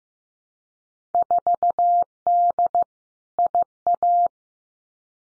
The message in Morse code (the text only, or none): 4D IA